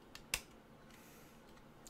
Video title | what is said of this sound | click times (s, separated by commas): Toyworld TW-D02 Muddy AKA Sludge Review w/ Reprolabels | do this it just snaps right in | 0.3 s